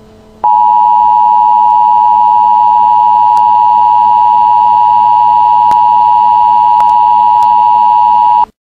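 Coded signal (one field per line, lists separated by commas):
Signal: Emergency Alert System (SAME) tones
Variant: 853 and 960 Hz attention tone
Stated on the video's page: Simulated NOAA tornado warning with a Federal Signal Thunderbolt 1000 siren, made with a DECtalk-voiced non-SAME header-capable device.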